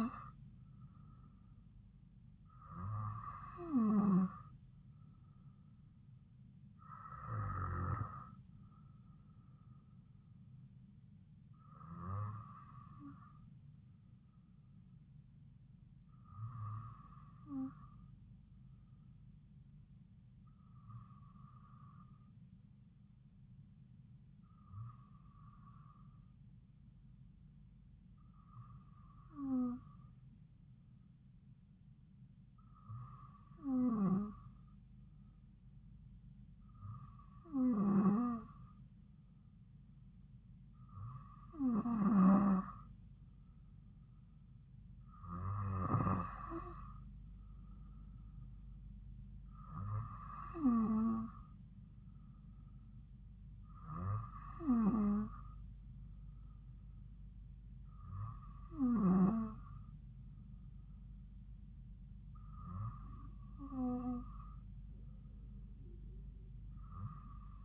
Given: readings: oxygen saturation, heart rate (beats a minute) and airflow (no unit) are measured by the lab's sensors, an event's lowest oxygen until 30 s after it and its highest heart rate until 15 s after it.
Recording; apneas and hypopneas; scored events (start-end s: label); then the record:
breathing in sleep by a smartphone at the bedside; none
none scored
From the record:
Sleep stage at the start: N2 (light sleep); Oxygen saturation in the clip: 93 to 95%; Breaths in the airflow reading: 16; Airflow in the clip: -3.1 to 3.6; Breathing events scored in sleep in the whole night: 270 in 6.1 hours asleep